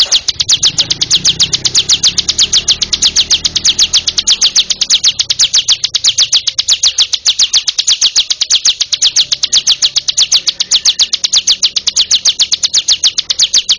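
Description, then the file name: Bar-winged prinia delivering a sustained stream of rapid, sharp high notes at an even pace, with soft low background noise early on. "ciblek monster"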